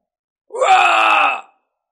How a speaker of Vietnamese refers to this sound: Một tiếng hét thảm vang lên, toàn bộ thân thể của kẻ đánh lén tan rã ra, sau đó trở thành tro bụi, nguyên thần cũng không thể tránh được, hình thần câu diệt.